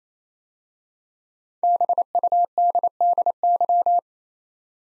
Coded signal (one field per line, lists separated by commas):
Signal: Morse code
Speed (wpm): 29 wpm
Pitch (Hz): 700 Hz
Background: none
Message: BUDDY